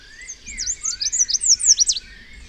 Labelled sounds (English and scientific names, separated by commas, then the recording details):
Chestnut-capped Warbler (Basileuterus delattrii) song
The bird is a male
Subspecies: delattrii
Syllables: 11
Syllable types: 9
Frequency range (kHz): 2.7-9.1 kHz
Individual FV-YGS-M